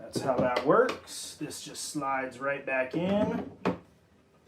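Someone talks while sliding the removable plastic water tank of a SimPure countertop reverse osmosis filter back into the unit, with a brief handling knock near 3.7 s. The clip ends before the tank goes home, so nothing has seated or clicked yet.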